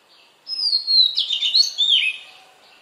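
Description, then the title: Oriental magpie-robin giving one short song phrase: a clear high whistle that runs into a quick jumble of warbled, slurred notes. "Magpie Robin Song Doyel Pakhir Dak Wildindiamit"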